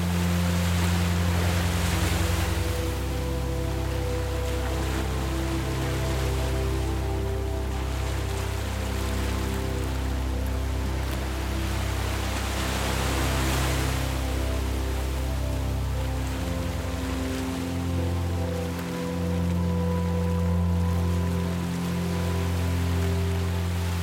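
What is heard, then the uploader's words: Ocean waves wash in with soft surges every few seconds over a steady, low sustained drone of music whose tones shift near the end. Peaceful ocean waves meeting the shore with a serene ambient soundtrack.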